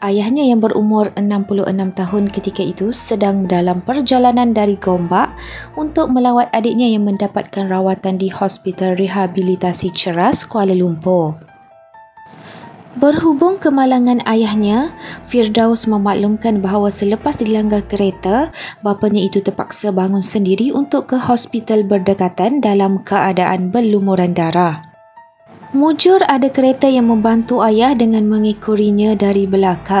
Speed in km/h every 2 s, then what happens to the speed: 56, 52, 50, 46, 41, 38, 32, 30, 25, 25, 29, 34, 35, 41, 43.
0-16 slows to 25. 18-30 speeds up to 43.